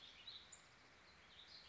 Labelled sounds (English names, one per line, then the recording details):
Warbling Vireo
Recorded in Sonoma County, California